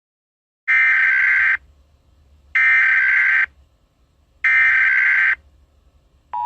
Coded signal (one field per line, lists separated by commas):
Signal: Emergency Alert System (SAME) tones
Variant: header bursts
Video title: EAS SCENARIO 11: Cretaceous and Maelstrom